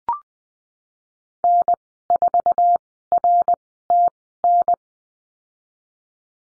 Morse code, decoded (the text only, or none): N4RTN